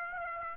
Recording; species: mosquito wingbeat signal from an infrared sensor; Aedes aegypti